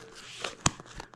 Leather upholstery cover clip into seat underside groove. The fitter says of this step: So you put it over, and then you flip it in, and then you can hear it click,